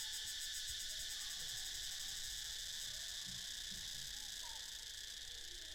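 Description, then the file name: Cicadas buzz in a constant, shrill pulsing chorus, with scattered faint low notes and a brief falling chirp late on. "freesound cicadas"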